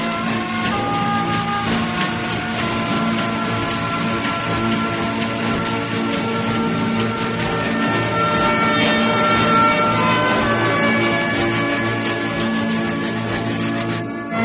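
A train rumbles steadily as it gets under way, a dense mechanical roar layered with sustained whining, horn-like tones that shift slightly in pitch, loud and continuous throughout with no voices.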